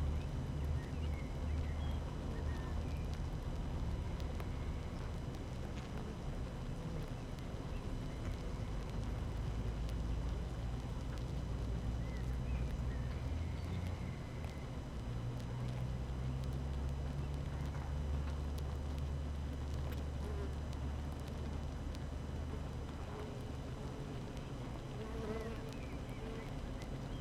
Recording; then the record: honeybee colony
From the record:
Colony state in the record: active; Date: 12 June 2018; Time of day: 7:16